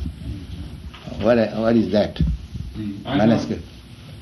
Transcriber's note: none